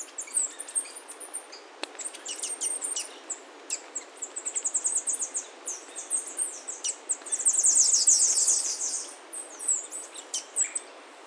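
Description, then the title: Bird song, a fast run of high, sharp chirps and trills, repeated rapidly with a dense buzzy burst near the end. "LuckyPassaro Completos2Sama"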